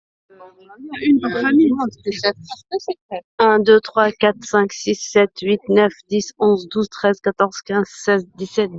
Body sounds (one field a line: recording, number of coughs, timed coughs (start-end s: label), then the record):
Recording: no coughing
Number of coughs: 0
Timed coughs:
none
From the record:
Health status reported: healthy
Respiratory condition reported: yes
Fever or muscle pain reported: yes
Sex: female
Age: 40 years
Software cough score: 0.01